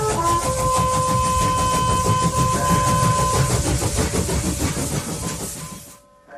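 A train at a railway station: loud, continuous rumbling and hissing with steady high metallic squeals running through it, fading abruptly near the end.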